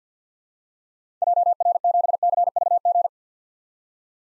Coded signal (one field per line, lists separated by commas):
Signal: Morse code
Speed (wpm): 50 wpm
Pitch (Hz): 700 Hz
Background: none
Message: JR7CVG